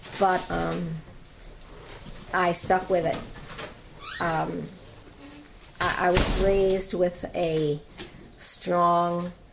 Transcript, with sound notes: but I stuck with it. [door opening] I was raised with a strong